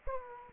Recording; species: mosquito wingbeat signal from an infrared sensor; Aedes aegypti